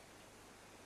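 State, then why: Not seated. A 50 mm lens with a metal mount is being handled onto a Canon 5D Mark II camera body's bayonet mount, with the red dots aligned for pushing in and twisting to lock. Only steady, even broadband hiss is heard, with no distinct sudden sounds. Nothing has seated or clicked yet.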